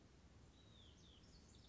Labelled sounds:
Hutton's Vireo
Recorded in Sonoma County, California

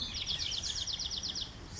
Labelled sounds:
Bewick's Wren
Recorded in Sonoma County, California

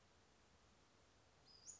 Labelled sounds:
Western Flycatcher
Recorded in Sonoma County, California

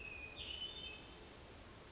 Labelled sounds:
Hermit Thrush
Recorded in Sonoma County, California

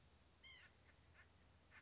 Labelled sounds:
White-breasted Nuthatch
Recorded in Sonoma County, California

